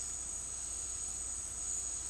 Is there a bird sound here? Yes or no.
no